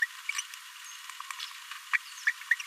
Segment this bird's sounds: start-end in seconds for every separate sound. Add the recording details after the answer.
0.02-0.06, 0.29-0.31, 1.93-1.98, 2.27-2.31, 2.51-2.54. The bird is a male. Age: 26 days. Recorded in a nest box in Venezuela. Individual 17B42A3